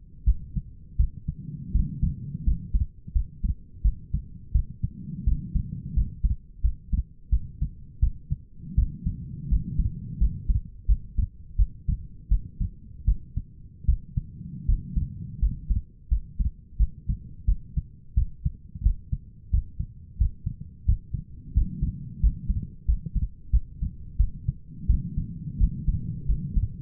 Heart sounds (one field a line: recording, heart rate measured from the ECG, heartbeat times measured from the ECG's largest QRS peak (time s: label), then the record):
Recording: heart sounds by stethoscope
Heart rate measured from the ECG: 85 bpm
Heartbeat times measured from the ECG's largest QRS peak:
0.25 s: heartbeat
0.98 s: heartbeat
1.73 s: heartbeat
2.45 s: heartbeat
3.14 s: heartbeat
3.83 s: heartbeat
4.53 s: heartbeat
5.25 s: heartbeat
5.95 s: heartbeat
6.62 s: heartbeat
7.31 s: heartbeat
8.01 s: heartbeat
8.76 s: heartbeat
9.50 s: heartbeat
10.19 s: heartbeat
10.87 s: heartbeat
11.57 s: heartbeat
12.29 s: heartbeat
13.06 s: heartbeat
13.86 s: heartbeat
14.67 s: heartbeat
15.40 s: heartbeat
16.09 s: heartbeat
16.78 s: heartbeat
17.46 s: heartbeat
18.15 s: heartbeat
18.84 s: heartbeat
19.52 s: heartbeat
20.19 s: heartbeat
20.86 s: heartbeat
21.54 s: heartbeat
22.21 s: heartbeat
22.86 s: heartbeat
23.51 s: heartbeat
24.18 s: heartbeat
24.88 s: heartbeat
25.59 s: heartbeat
26.27 s: heartbeat
From the record:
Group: healthy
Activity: rest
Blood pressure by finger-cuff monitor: 117/75 mmHg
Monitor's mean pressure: 91 mmHg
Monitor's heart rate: 87 bpm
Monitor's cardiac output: 6.7 L/min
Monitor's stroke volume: 76 mL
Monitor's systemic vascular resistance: 1000 dyn s/cm5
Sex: female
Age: 37 years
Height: 168 cm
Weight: 70 kg